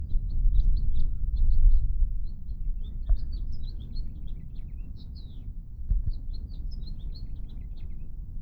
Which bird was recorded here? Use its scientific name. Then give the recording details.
Haemorhous mexicanus. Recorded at Atlantic Beach West on Long Island, New York, on 2 June 1975. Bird C